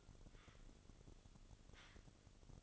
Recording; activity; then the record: daily activity, microphone in the room; take from stove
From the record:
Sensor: 4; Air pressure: 1008.7 hPa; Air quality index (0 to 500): 105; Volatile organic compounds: 1 ppm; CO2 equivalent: 785 ppm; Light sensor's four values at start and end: 10/23/9/8 and 10/23/9/8